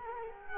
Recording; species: mosquito wingbeat signal from an infrared sensor; Culex quinquefasciatus